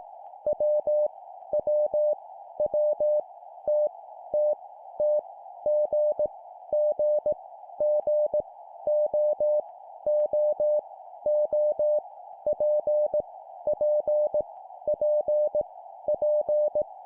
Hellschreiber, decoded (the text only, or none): none